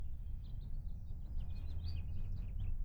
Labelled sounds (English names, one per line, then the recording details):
House Finch song
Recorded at North Valley Stream on Long Island, New York, on 17 June 1975
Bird D